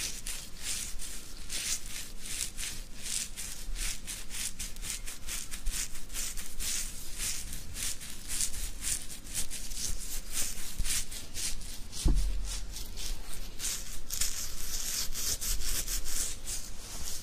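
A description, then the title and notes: Beard scratching: a steady run of quick, dry rasping strokes, each a short bright scrape, repeating rapidly and fairly evenly throughout. A low rumbling bump lands around twelve seconds, and the scratching grows a little harsher toward the end. ASMR INSANE BEARD SCRATCHING.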